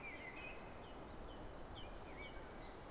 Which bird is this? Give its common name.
Great Tit